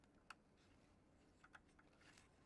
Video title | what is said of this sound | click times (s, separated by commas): LIVE: Can we fix this Nikon Coolscan V ED (LS-50) film & slide scanner? | At least it snaps back into place. | 0.3 s